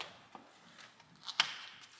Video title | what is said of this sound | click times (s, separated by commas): The Grey Lady LIVES: Finally making progress to bring my manual X5 into fighting shape! | and there’s our other click Oh, yeah! | 1.4 s